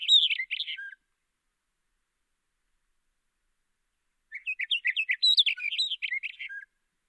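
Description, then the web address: Hume's wheatear ends one busy, scratchy phrase, then after a pause gives a longer run of rapid chattering and whistled notes. "Hume's wheatear. صدای پرنده چکچک شکم سفید"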